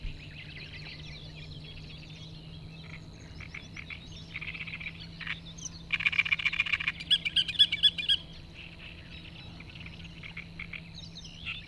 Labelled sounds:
Great Reed Warbler song
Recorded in the wild
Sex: male
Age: adult
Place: Hobrechtsfelder Rieselfelder, Naturpark Barnim, Berlin, DE
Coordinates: 52.6686, 13.4692
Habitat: pond
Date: 2009-05-03
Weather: fair, 6°C, almost no wind
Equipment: Sound Devices 702, Sennheiser MKH 70, Rycote Windschutz
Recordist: Frommolt, Karl-Heinz

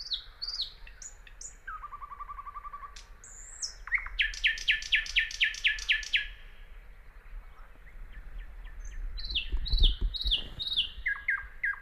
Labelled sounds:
Thrush Nightingale song
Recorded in the wild
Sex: male
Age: adult
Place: Teerofenbrücke, Nationalpark Unteres Odertal, Brandenburg, DE
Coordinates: 53.1333, 14.3525
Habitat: decidous forest
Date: 2013-05-05
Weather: clear, windless, 5°C
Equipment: Sound Devices 702, Sennheiser MKH 70, Rycote Windschutz
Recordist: Frommolt, Karl-Heinz

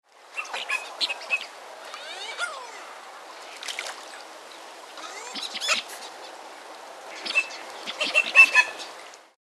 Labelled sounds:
Mandarin Duck
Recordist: Tembrock, Günter
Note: Balzlaute der Erpel

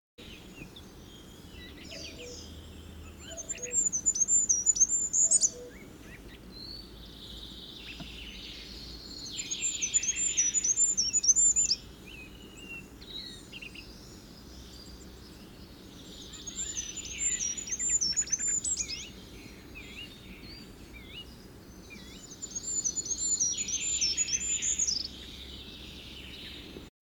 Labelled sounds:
Goldcrest song
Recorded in the wild
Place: Sinaia, Transilvania, RO
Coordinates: 45.331, 25.562
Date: 1976-05-27
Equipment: Nagra III BH, Sennheiser MD 21, parabola
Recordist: Schubert, Michael
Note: Gesang Wintergoldhähnchen

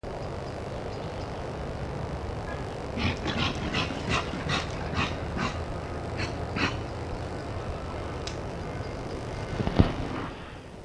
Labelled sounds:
Reindeer call
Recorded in captivity
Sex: male
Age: adult
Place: Tierpark Berlin, Berlin, DE
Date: 1965-10-16 15:00
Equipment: Telefunken Magnetophon 300, Sennheiser MD 421, Transistorverstärker 2
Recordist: Tembrock, Günter

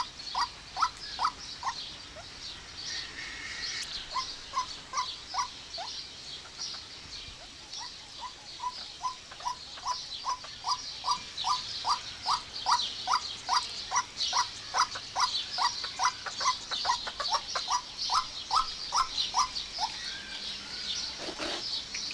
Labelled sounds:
Eurasian Teal call
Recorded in captivity
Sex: male
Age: adult
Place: Zoo Berlin, Berlin, DE
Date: 1991-06-03 10:24
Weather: cloudy, 12-15 °C
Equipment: Marantz, Sennheiser ME 80, Kopie Tesla B 116
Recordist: Tembrock, Günter

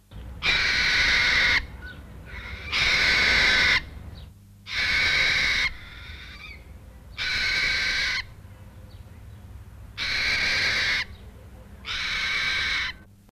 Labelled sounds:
Major Mitchell's Cockatoo call
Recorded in captivity
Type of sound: call
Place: Tierpark Duisburg, Nordrhein-Westfalen, DE
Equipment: Halbspur, 9,5 cm/s
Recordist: Lütgens, Hans
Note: Rufe

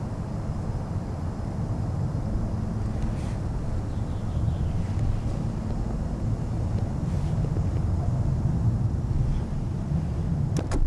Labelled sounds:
European Green Woodpecker song
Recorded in the wild
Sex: pair
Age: adult
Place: Garmisch-Partenkirchen, Bayern, DE
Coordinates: 47.5053, 11.0797
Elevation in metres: 778
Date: 1980-03-28
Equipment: Uher 4000 Report, Sennheiser MKH 815 T
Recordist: Tretzel, Erwin

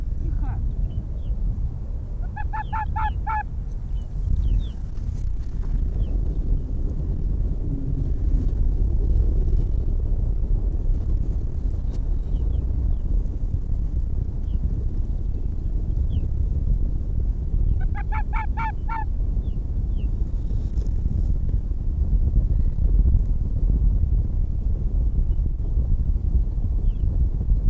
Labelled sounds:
Arctic Fox
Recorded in the wild
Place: Insel Mednyi, Kommandeur-Inseln, RU
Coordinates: 54.5167, 168.083
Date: 1999-07-19 21:27
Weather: 9°C, kein Nebel, sehr gute Sicht, leicht bewölkt
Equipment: Sony WM-D6C, Sennheiser ME 80, K 30 AV, Windkorb, Kopie Sony TCD-D8
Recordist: Jakupi, Antje

